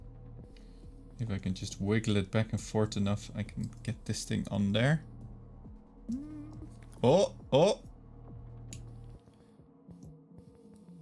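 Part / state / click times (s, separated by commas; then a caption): plastic model kit part onto model frame / seated / 8.7 s. A plastic model kit part is wiggled back and forth to get it onto the model frame while someone talks over a steady low hum, with brief exclamations following. A sharp click comes at 8.7 s as the part snaps on and seats, followed by quieter faint taps.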